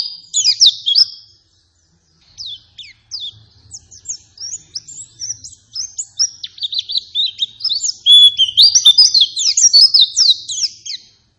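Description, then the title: White-eye song: rapid, high-pitched twittering of sharp chirps and slurred notes, a brief pause after the first second, then a denser, louder run of notes. Persistent 'gacor' lure song meant to make any white-eye respond and answer. "Pleci Gacor. Apapun plecinya AKAN LANGSUNG MERESPON dan NYAUT dengan pancingan pleci ngotot ini"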